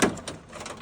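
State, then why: Not seated. A coin validator (coin mech) is being pushed back into its mount in a coffee vending machine. A sharp knock opens the clip, followed by softer handling knocks and rubbing around 0.3 s and 0.6–0.7 s. Nothing has seated or clicked into place yet.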